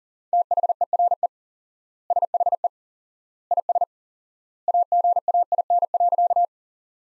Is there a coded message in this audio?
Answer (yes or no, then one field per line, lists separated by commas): yes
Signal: Morse code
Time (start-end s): 0.3-6.5 s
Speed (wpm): 37 wpm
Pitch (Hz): 700 Hz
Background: none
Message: THERE SHE IS AGAIN.